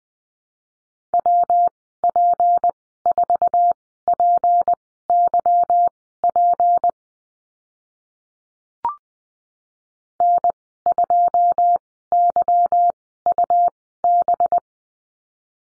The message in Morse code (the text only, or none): WP4PYP N2YUB